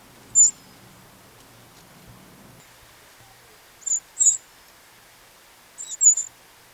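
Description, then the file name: Eurasian wren giving sharp, very high ticking calls: one single note, then a pair, then another close pair, separated by quiet gaps over a faint low hum. "Troglodytes troglodytes"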